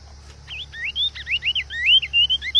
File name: Canto do bico de veludo